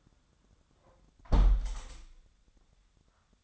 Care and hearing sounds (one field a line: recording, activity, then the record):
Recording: daily activity, microphone in the room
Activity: close window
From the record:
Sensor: 3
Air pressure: 1004.6 hPa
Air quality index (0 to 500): 108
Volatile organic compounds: 4 ppm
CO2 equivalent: 1704 ppm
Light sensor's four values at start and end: 7/16/6/6 and 7/16/6/6